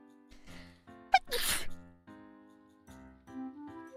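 A single sneeze from an adult: a quick catch of breath, then one loud, hissing burst over faint steady background tones.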